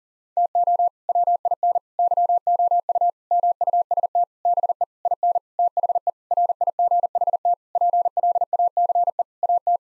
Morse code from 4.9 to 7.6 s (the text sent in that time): IN THE RIGHT